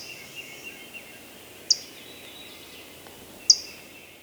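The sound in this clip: Hooded warbler giving two sharp, high metallic chip notes about two seconds apart.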